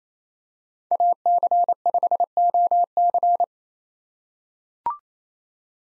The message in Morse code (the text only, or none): AC5OC